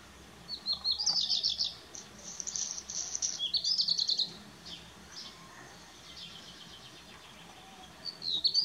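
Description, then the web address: Black redstart song: high, scratchy, buzzy phrases, two full ones with a third starting at the end, over a faint hiss. "ptaki kopciuszek kopciuszek"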